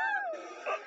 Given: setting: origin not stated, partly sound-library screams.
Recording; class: one-second piece from a danger detection set; woman in danger